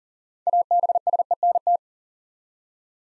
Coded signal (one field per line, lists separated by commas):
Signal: Morse code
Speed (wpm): 39 wpm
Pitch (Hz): 700 Hz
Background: none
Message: ABSENT